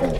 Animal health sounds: pig call; piglet (1 to 25 days)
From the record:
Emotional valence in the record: positive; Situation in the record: reunion after long isolation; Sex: female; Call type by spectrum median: low-frequency call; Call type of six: low-frequency tonal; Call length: 0.20 s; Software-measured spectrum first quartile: 155 Hz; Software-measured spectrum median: 392 Hz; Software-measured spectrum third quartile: 610 Hz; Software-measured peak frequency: 536 Hz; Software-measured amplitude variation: 115 dB a second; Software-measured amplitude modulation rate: 22.9 a second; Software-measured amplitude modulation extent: 5.0 dB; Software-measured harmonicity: 0.8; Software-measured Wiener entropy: -0.79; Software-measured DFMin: 1032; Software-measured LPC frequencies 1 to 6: 530, 1925, 3357, 5505, 6957, 7887 Hz

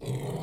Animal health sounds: pig call; weaner (32 to 43 days)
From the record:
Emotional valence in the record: negative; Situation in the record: novel object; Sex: female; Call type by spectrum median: low-frequency call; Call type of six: low-frequency stable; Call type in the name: low-frequency stable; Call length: 0.43 s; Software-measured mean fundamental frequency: 62 Hz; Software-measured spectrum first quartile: 142 Hz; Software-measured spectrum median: 312 Hz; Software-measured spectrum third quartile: 801 Hz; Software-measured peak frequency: 144 Hz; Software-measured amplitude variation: 138 dB a second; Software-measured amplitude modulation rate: 23.1 a second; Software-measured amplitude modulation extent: 6.0 dB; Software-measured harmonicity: 2.2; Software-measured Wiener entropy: -0.73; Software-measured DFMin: 1199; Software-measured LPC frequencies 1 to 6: 322, 2100, 3290, 3932, 4565, 5908 Hz

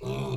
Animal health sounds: pig call; weaner (32 to 43 days)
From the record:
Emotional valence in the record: negative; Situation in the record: novel object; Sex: female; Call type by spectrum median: low-frequency call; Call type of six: low-frequency stable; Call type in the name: low-frequency stable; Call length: 0.37 s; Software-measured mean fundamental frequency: 65 Hz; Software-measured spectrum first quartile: 144 Hz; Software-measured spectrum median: 343 Hz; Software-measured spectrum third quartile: 743 Hz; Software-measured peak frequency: 130 Hz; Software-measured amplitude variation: 88 dB a second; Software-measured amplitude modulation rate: 25.6 a second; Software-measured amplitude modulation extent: 3.4 dB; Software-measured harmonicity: -1.4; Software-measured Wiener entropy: -0.58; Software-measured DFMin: 1036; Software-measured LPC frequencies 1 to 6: 383, 986, 2489, 3477, 4062, 5763 Hz

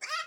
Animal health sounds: pig call; piglet (1 to 25 days)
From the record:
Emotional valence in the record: negative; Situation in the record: restrain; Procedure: in the arms of a person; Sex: male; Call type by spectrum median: low-frequency call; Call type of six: low-frequency tonal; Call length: 0.26 s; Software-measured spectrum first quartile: 1508 Hz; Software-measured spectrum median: 2280 Hz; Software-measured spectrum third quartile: 4114 Hz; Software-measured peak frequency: 1263 Hz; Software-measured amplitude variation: 158 dB a second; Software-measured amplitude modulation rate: 13.3 a second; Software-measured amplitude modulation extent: 11.9 dB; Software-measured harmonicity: 6.9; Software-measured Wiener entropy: -2.47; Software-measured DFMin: 864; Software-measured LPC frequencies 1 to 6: 1287, 1966, 2487, 3274, 4882, 5447 Hz

